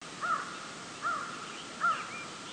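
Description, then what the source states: American crow cawing: three short, harsh caws spaced about 0.8 seconds apart, with faint songbird notes in the background. Maple farm, June 13, 6:04 in the morning.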